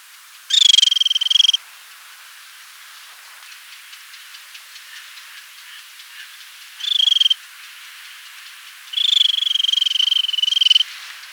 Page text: Fulvous Babbler Calls. Quick Sounds